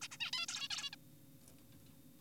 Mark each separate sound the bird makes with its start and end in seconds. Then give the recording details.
0.02-0.08, 0.12-0.18, 0.20-0.31, 0.33-0.46, 0.48-0.68, 0.70-0.90, 0.93-0.96. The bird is an adult. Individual g4p5U